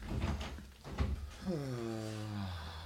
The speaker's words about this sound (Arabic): اقفل الباب وراك.